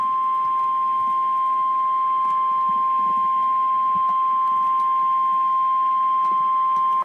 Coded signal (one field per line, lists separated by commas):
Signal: Emergency Alert System (SAME) tones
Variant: 1050 Hz attention tone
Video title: REAL EAS 1225-Severe Thunderstorm Warning